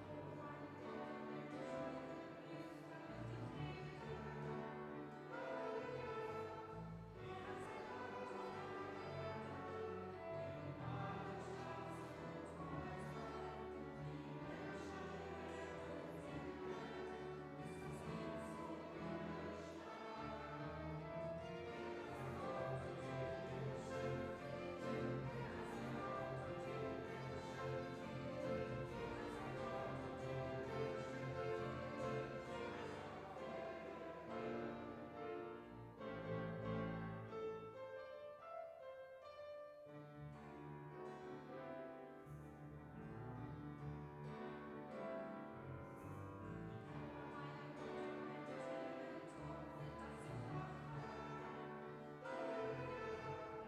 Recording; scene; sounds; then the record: everyday scene through a hearing-aid microphone; reverberant space; music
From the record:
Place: church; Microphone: behind the ear, right, front